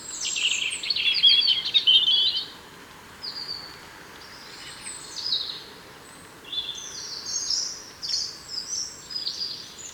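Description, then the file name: European robin song: a rich warbled phrase at the start, then scattered high, thin notes and short trills separated by brief pauses. "Erithacus rubecula"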